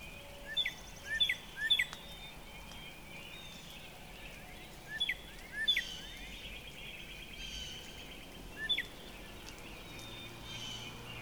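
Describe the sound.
Northern Cardinal giving short groups of one to three down-slurred whistles separated by pauses of a few seconds, over steady background noise.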